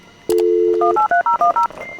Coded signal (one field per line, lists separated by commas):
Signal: DTMF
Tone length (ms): 120 ms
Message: 183010